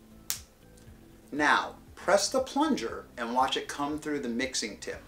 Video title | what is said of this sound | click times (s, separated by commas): HOW to APPLY DenSureFit to the UPPER DENTURE (official DenSureFit instructional video) | the clear wing tabs in the direction of the black arrow until you hear and feel it snap into place now | 0.3 s